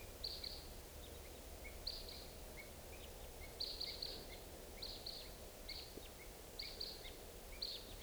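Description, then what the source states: Red crossbills giving repeated sharp downslurred kip calls, often doubled, every second or so over steady background hiss. Call type 2, heard in the morning at 6:55, birds coming around; two birds, then three or four responding.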